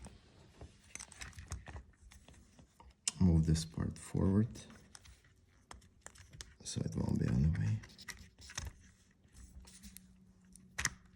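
During a blade clamp repair on a Milwaukee M-18 cordless hacksaw, a small blade clamp part is handled and moved toward its seat in the housing, with short sharp taps, scrapes and rustling between bursts of talk as someone speaks. Nothing has seated or clicked into place yet.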